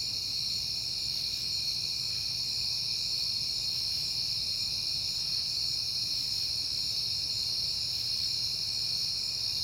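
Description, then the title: Crickets chirping in a dense, steady chorus, a continuous high shrill trill that never pauses, with a faint low rumble underneath. Crickets at night in September, on a peaceful night. "Night Time: Crickets and Passing Cars"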